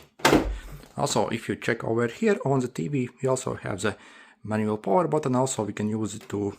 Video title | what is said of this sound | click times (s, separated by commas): How to SETUP & Use - Samsung M70H - Mini LED 4K Smart TV | tiny arrow, so direction arrow, and we simply slide inside, click clicks, so you should hear a click, and the other leg as well. | 0.2 s